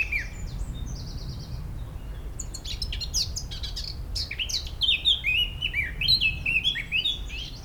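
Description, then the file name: Eurasian blackcap song, a chattering warble of varied high notes that turns into clearer fluted whistles near the end, over a low steady rumble. "Sylvia atricapilla"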